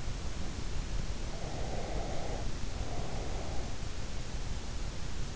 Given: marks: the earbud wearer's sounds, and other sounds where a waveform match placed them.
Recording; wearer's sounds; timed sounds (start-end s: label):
sounds in sleep by an in-ear microphone; breath
1.45-3.65 s: breath